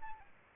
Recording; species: mosquito wingbeat signal from an infrared sensor; Aedes albopictus